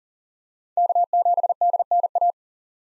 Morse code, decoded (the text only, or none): K7DNA